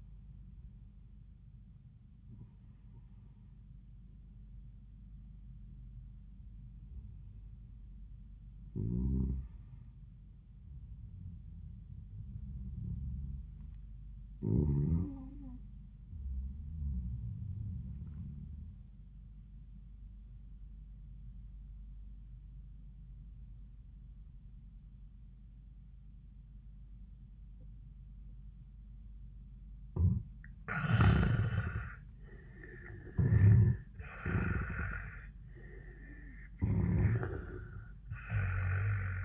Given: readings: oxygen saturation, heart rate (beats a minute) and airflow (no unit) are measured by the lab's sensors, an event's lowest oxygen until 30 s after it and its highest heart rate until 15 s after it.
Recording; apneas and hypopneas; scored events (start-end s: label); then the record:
breathing in sleep by a smartphone at the bedside; 1
20.00-31.30 s: obstructive apnea (N1, oxygen 97% highest, then 85% lowest, heart rate 87 at the start, 94 highest)
From the record:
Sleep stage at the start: N1 (lightest sleep); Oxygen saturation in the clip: 81 to 98%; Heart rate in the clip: 82 to 107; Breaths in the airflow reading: 6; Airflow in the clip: -11.0 to 13.4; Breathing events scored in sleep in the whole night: 400 in 8.7 hours asleep